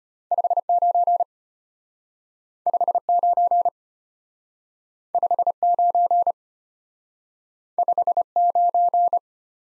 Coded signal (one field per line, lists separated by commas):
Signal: Morse code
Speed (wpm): 33 wpm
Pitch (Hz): 700 Hz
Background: none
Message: 59 59 59 59